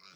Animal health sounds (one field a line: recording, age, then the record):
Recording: pig call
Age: piglet (1 to 25 days)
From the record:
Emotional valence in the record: positive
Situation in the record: short reunion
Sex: male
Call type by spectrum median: high-frequency call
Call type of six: low-frequency tonal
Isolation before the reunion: 3 minutes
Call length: 0.15 s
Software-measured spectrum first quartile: 1504 Hz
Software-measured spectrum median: 3207 Hz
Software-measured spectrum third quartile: 4797 Hz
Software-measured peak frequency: 5104 Hz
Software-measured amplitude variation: 42 dB a second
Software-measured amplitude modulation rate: 16.2 a second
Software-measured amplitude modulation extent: 2.6 dB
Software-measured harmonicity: 0.1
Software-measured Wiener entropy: -1.17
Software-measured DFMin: 1226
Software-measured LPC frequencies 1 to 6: 1295, 2345, 3957, 4966, 6775, 7930 Hz